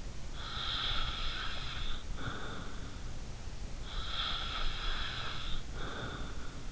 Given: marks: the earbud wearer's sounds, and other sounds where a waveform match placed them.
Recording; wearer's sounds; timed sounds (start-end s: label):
sounds in sleep by an in-ear microphone; snoring breath
0.35-2.98 s: snoring breath
3.86-6.71 s: snoring breath